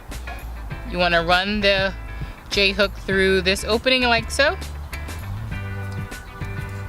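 A plastic wiper blade adapter is being worked onto the metal J-hook of a car's wiper arm while someone talks over background music. A few light handling sounds are heard, but nothing has snapped or seated yet.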